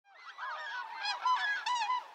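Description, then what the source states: Tundra Swan flight calls, overlapping soft hooting and honking notes from several birds. A flight of tundra swans passing overhead on a winter day, their voices swelling in a kind of wild music.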